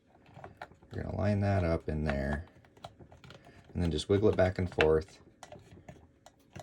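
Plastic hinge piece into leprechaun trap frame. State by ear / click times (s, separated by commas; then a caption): not seated / none. A 3D-printed plastic trap-door hinge piece is lined up in its notches on a leprechaun trap frame and wiggled back and forth while someone talks. Light, scattered plastic clicks and taps sound throughout, but nothing has seated or clicked into place yet.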